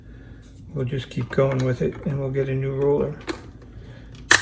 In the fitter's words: And that just pops into place.